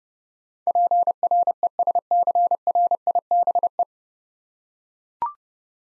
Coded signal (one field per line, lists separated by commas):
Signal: Morse code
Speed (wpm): 30 wpm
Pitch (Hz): 700 Hz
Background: none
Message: PRESCRIBE